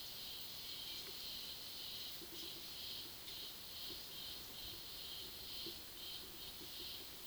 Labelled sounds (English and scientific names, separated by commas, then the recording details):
none
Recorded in pastures near Puerto Asís, Putumayo, Colombia, on 19 February 2024 at 13:00
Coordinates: 0.497, -76.327
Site G7276